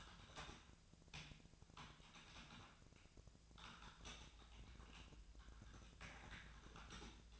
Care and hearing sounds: daily activity, microphone in the room; typing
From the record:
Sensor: 2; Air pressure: 1000.0 hPa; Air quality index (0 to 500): 129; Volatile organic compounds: 2 ppm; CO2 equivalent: 1105 ppm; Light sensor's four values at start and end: 24/60/26/29 and 24/60/26/28

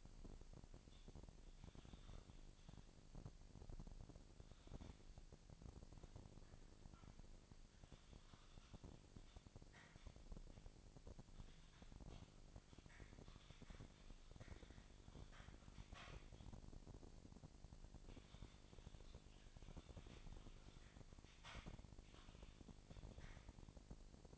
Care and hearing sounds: daily activity, microphone in the room; typing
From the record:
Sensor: 5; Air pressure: 999.3 hPa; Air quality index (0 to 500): 229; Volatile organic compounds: 24 ppm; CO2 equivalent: 2798 ppm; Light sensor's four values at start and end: 34/79/31/30 and 34/79/31/30

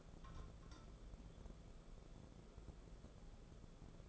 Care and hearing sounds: daily activity, microphone in the room; take from stove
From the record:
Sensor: 5

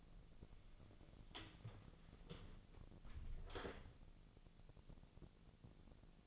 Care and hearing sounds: daily activity, microphone in the room; close door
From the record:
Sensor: 4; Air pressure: 1001.3 hPa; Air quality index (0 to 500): 184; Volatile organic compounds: 3 ppm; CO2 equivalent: 1318 ppm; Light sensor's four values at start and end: 14/32/13/14 and 16/37/15/15

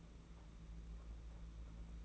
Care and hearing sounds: daily activity, microphone in the room; take from stove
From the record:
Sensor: 1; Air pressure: 991.9 hPa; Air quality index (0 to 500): 216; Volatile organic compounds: 1000 ppm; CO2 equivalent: 8422 ppm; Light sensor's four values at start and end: 22/75/29/29 and 22/75/29/29

